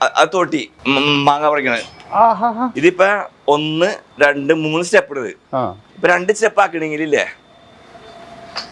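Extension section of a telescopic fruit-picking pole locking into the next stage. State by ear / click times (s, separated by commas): seated / 8.6 s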